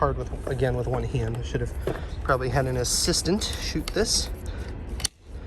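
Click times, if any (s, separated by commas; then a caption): 5.1 s. Someone talks while fitting the folding handle parts of an EGO Power+ LM2101 21 in. 56 volt battery lawn mower into position on the mower frame one-handed. A sharp click is heard at 5.1 s as the handle latch locks in place.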